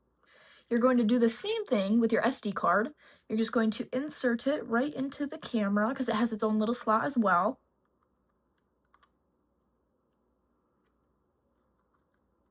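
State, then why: Seated. An SD memory card is inserted into its own slot in a Canon G7X compact camera. Someone talks for about the first 7.5 seconds, then after a quiet gap two faint clicks at 9.0 s and 9.0 s mark the card latching in place so it won't fall out.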